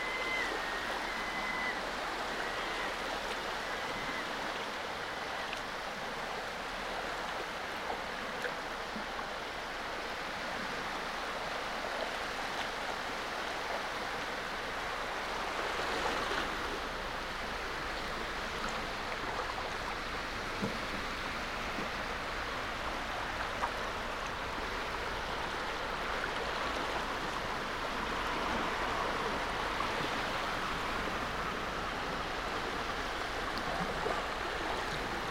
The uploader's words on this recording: Nothe Fort on the Jurassic coast of England.